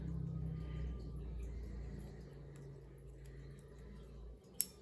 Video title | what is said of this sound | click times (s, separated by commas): 2013+ 4th Gen Ram 1500 CHMSL Cargo Camera Harness | and that one clicks into place. | 4.6 s